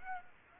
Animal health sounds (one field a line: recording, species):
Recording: mosquito wingbeat signal from an infrared sensor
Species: Aedes aegypti